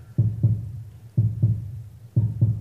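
Low, paired thumps repeat steadily, each a 'lub' followed by a quieter 'dub'. These are normal heart sounds: the first is the atrioventricular valves closing, the second the outflow valves closing.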